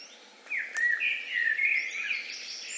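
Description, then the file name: Eurasian blackbird song: a single rich, fluting warbled phrase that slides and wavers before trailing into thin high notes. "Turdus merula"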